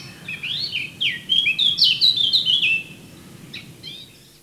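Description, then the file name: Eurasian blackcap song: soft scratchy notes lead into a clear, loud fluting run of slurred whistles, fading out with a few faint twitters. "Sylvia atricapilla"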